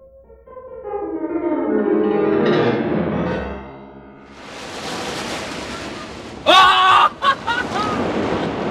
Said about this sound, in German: So hohe Brecher haben wir schon lange nicht mehr gehabt.